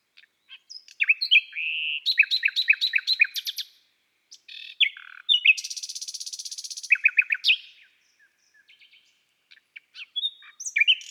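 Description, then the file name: Common nightingale singing varied phrases, rapid repeated notes, a harsh buzzy rattle and scattered chirps with short silent gaps. "Rossignol philomele Chants doiseaux des bois et des forets"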